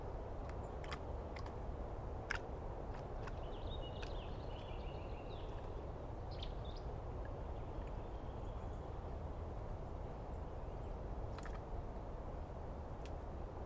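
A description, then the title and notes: A dawn recording in the East Cascades, dominated by a steady low rumble and hiss that stays even throughout. Brief bird chirps and warbling phrases appear around four to six seconds, with sharp clicks or snaps scattered across the clip, near two and eleven seconds. I set up my microphones and recorder for a nice dawn recording in the East Cascades.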